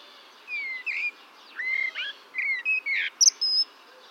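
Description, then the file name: Common blackbird with a run of rich, fluty whistled notes, some sliding, finished by thin high squeaks. "Turdus merula"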